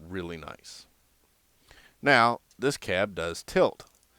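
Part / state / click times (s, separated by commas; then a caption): tilting cab on a die-cast toy truck chassis / not seated / none. Someone talks while handling the stiff tilting cab of a die-cast Crouse Cartage Company International CO 4070B Transtar II toy truck, moving it on its hinge on the chassis. A faint sharp tick sounds between phrases as the cab is tilted. Nothing has clicked into place yet.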